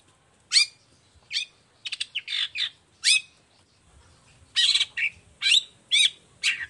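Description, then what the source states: Long-tailed shrike singing sharp chip notes, broken by quick scratchy chatters and a short harsh burst. Morning singing; described as a lively, clear, highly varied song with 'toet toet' notes, offered as a model for other long-tailed shrikes to copy.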